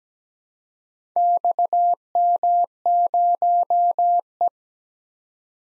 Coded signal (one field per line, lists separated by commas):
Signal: Morse code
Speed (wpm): 17 wpm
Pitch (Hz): 700 Hz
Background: none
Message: XM0E